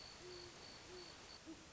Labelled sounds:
Great Horned Owl (Bubo virginianus)
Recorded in Sonoma County, California

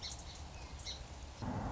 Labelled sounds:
Song Sparrow (Melospiza melodia)
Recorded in Sonoma County, California

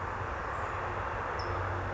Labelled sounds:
California Towhee (Melozone crissalis)
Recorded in Sonoma County, California

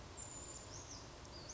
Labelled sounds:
Brown Creeper (Certhia americana)
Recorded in Sonoma County, California

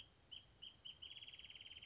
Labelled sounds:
Wrentit (Chamaea fasciata)
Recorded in Sonoma County, California

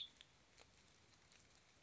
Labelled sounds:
Western Tanager (Piranga ludoviciana)
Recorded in Sonoma County, California

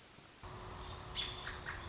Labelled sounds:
American Robin (Turdus migratorius)
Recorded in Sonoma County, California

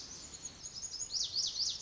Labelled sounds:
Lazuli Bunting (Passerina amoena)
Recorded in Sonoma County, California

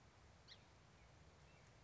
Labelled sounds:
House Finch (Haemorhous mexicanus)
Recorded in Sonoma County, California

